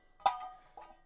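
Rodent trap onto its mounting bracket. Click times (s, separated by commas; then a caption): 0.3 s. A metal rodent kill trap is set onto its screwed-on mounting base, with bent-metal tabs sliding into grooves. A sharp, ringing metallic click at 0.3 s marks the trap locking into place, followed by a fainter knock at 0.8 s. The trap is seated on its mounting bracket.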